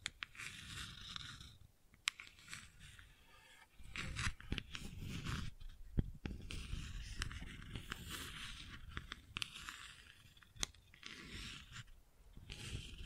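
Gentle scratching goes on continuously, a dense rustling scrape with soft low rumbling underneath and a brighter hiss above. Sharp clicks and snaps cut through at irregular moments, around two, six and ten seconds. The level stays fairly even throughout.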